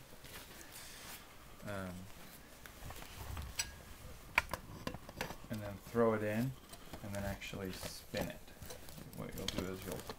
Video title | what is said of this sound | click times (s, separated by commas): PBL Softbox Assembly Instructions for QL1000/VL1000, SL200 - www.skaeser.com | and then i heard it click so now since this is kind of cockeyed we can just loosen this | 4.4 s